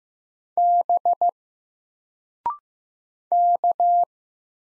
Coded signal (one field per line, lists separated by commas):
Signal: Morse code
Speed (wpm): 15 wpm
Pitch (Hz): 700 Hz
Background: none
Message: B K